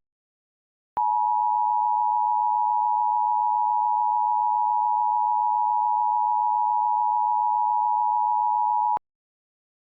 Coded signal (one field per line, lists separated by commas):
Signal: Emergency Alert System (SAME) tones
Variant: 853 and 960 Hz attention tone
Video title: Ejected (EAS Scenario)